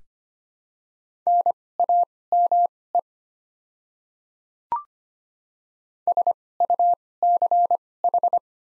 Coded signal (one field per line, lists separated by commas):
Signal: Morse code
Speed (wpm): 25 wpm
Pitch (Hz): 700 Hz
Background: none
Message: NAME SUCH